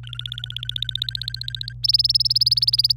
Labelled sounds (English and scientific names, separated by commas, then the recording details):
Domestic Canary (Serinus canaria) song
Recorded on 26 April 2018 at 12:17
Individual llb3